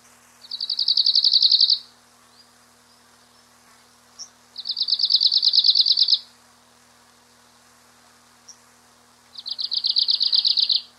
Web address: Phylloscopus borealis